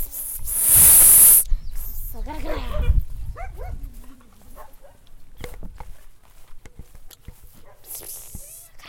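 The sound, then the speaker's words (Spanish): A loud, harsh burst opens, followed by dogs yelping and whimpering in short, rising and falling high-pitched cries, then scattered clicks and rustling as the noises fade. “Vou lá gravar os cachorros.”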